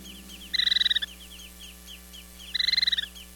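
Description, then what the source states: Least Sandpiper trilled calls, two rapid pulsed bursts about two seconds apart, with faint high chirping notes between them and a low steady hum underneath. Tiniest sandpiper, weighing only 1 ounce; migrates up to 2,500 miles from the Arctic to South America.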